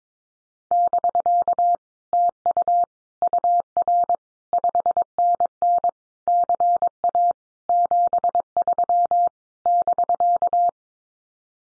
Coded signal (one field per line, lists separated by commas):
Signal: Morse code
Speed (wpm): 22 wpm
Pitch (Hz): 700 Hz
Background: none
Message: <BK> TU UR 5NN CA 73 <BK>